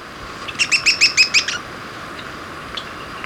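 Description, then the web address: Black-throated tody-tyrant giving a rapid series of about seven sharp notes in about a second, over steady hiss with faint chips afterward. Recorded in Ecuador. "Birds of Ecuador 3-03 Black-Throated Tody-Tyrant"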